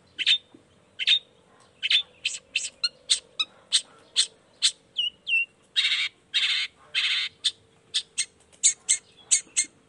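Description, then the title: Long-tailed shrike calls: rapid harsh chattering notes and broad raspy bursts, with two brief whistles in the middle. Morning singing of a vigorous long-tailed shrike with 'toet toet' sound variations, intended to stimulate lazy shrikes into singing along. "Cendet Gacor Dor Di Kala Pagi Toet Toet Variasi Suara. Cendet Gacor Di Pagi Hari Rangsangan Emosi Cendet Malas Bunyi Supaya Secepatnya Ikutan Bunyi"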